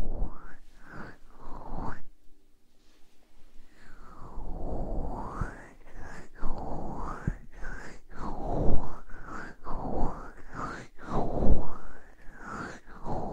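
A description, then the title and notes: Breath is blown across the microphone in repeated soft gusts, each one sweeping up and down like a rushing whoosh, roughly once a second. A quiet pause with a faint low hum comes around two to four seconds, then the airy puffs resume, growing denser and louder. ASMR Ear blowing.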